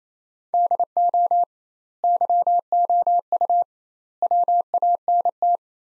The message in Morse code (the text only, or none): DO YOU WANT